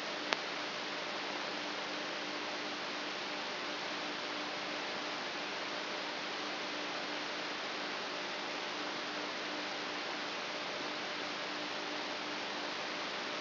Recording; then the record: brain microelectrode recording played as sound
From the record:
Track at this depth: inside the subthalamic nucleus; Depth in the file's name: 6.216 mm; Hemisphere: left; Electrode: 3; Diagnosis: Parkinson's disease